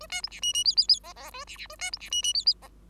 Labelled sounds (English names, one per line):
Bengalese Finch song